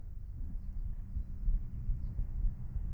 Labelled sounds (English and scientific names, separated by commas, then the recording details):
House Finch (Haemorhous mexicanus) song
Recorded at Woodmere on Long Island, New York, on 10 June 1975
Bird A